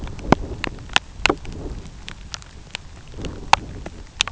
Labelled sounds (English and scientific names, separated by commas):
none